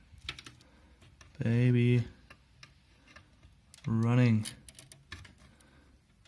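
A liquid-cooled Radeon RX Vega Liquid Edition graphics card is handled at the motherboard's PCIe slot. Light ticks and small handling clicks come through while someone talks in two short bursts. The card has not seated or clicked into the slot yet.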